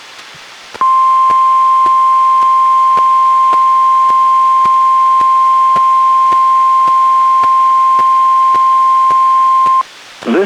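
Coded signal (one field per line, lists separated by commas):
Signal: Emergency Alert System (SAME) tones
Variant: 1050 Hz attention tone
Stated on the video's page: NOAA Weather Radio Required Weekly Test from NWS Spokane, relayed by WXM48 in Wenatchee, received on a Reecom R-1630 weather radio.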